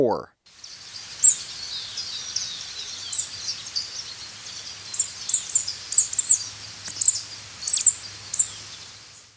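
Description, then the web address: Scrub tanager calls: many thin, very high chips and tsit notes, scattered then coming in quicker clusters, over a steady low hum. Ecuador, South America. "Birds of Ecuador. Scrub Tanager"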